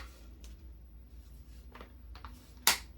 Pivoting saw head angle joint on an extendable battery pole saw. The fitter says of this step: You can take this, push these 2 buttons, and move this to whatever angle you need it. You'll hear it lock into place.